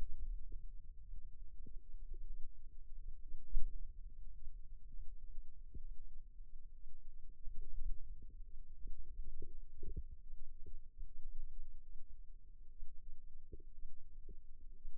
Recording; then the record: forearm muscle sounds (acoustic myography)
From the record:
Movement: inward rotation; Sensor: system 2, bracelet of six BSWA MPA416 microphones around the upper forearm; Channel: 5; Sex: female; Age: 22 years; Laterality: right